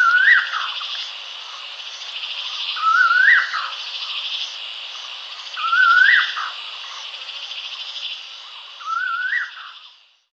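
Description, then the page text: Collared laughingthrush calls, a short rising whistled phrase with a downward flick, repeated about every three seconds, over a steady high insect-like hiss. "Collared Laughingthrush Call. Quick Sounds"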